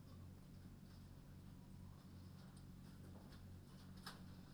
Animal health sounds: poultry house recording; no chicken sound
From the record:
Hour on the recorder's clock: 21

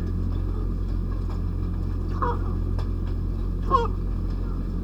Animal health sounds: poultry house recording; sick chickens (respiratory disease)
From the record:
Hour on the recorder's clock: 1

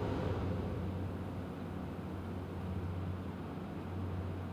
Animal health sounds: poultry house recording; no chicken sound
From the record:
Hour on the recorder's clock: 22

